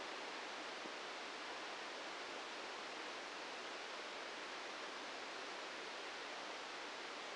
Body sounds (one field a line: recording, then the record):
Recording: brain microelectrode recording played as sound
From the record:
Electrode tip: inside the subthalamic nucleus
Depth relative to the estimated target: 0 mm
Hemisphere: left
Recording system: NeuroSet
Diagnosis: Parkinson's disease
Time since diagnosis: 13 years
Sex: male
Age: 65 years